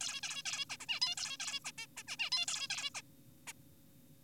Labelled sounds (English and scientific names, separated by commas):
Zebra Finch (Taeniopygia guttata)